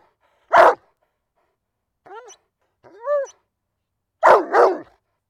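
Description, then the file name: Dog gives a single loud bark, then two short whining yelps, then a rapid double bark. "Digiffects Sound Effects Library - Dog Barking"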